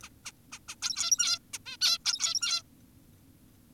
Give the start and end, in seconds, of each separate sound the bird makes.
0.03-0.09, 0.25-0.32, 0.52-0.59, 0.68-0.76, 0.82-1.39, 1.54-1.58, 1.66-1.77, 1.81-1.98, 2.05-2.62